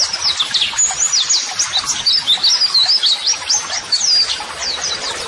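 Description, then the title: High white-eye twittering, fast slurred chirps and tiny warbles tumbling over one another, steady and lively for the whole stretch. White-eye singing vigorously ('gacor'), used as a model song (masteran) for training. "Pleci Gacor MASTERAN TERAPI PLECI"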